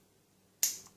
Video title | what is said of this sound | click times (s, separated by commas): Quick Tip of The Week: Lockpicking 101- Comb Picks | and you'll hear a pop obviously once you've heard the pop | 0.6 s